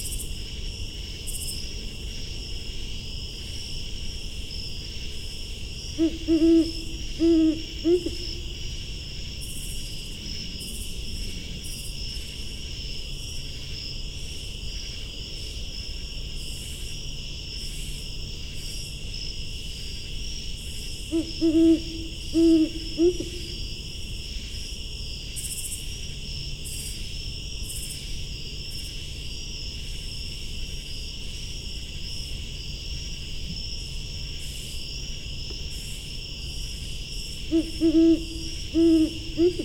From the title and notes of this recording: Great Horned Owl (female?). Great Horned Owl calling from forest at Patuxent Research Refuge in Laurel, MD. At 8:18pm. Recorded with Fostex FR-2, Sennheiser ME-62, and Telinga Parabola.